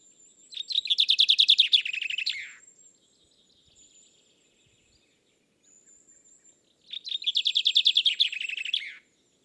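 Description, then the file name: Common chaffinch, two full songs separated by a pause, each a bright rattling cascade of notes descending to a flourish, with faint high thin notes in the gaps. "Fringilla coelebs"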